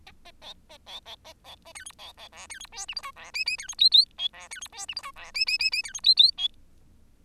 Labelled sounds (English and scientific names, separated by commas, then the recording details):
Bengalese Finch (Lonchura striata domestica) song
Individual Bird10